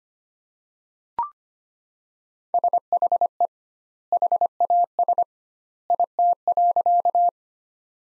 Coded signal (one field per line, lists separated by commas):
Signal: Morse code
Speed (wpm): 25 wpm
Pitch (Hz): 700 Hz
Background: none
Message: SHE HAS IT.